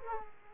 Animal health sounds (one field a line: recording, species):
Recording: mosquito wingbeat signal from an infrared sensor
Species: Aedes aegypti